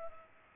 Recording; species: mosquito wingbeat signal from an infrared sensor; Culex pipiens